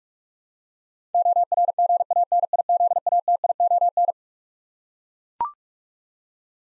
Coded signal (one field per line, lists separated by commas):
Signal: Morse code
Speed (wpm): 42 wpm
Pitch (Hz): 700 Hz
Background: none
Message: ORGANIZATION